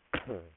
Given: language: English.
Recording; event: throat vibration sensor signal played as sound; cough